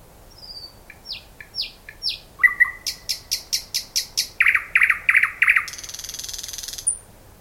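Thrush nightingale song: a few thin slurred whistles, a ringing piped note, then a fast series of sharp dry clicks, loud grating chock notes and a closing rattling churr.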